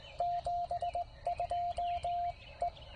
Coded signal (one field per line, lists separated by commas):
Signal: Morse code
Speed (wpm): 19 wpm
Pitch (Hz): 700 Hz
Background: none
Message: 72 E